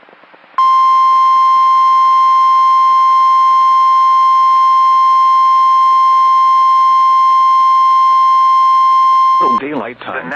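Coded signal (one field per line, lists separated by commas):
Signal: Emergency Alert System (SAME) tones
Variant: 1050 Hz attention tone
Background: speech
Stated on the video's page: Personally captured EAS alerts from Arkansas.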